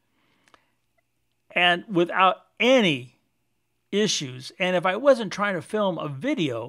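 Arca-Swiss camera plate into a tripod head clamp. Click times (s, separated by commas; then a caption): 0.5 s. A tripod head's Arca-Swiss plate clamp has its collar pushed and turned to lock the jaws onto the camera plate. Two sharp, close clicks land at 0.5 s and 0.5 s as it seats, followed by someone talking. The clamp locks in place.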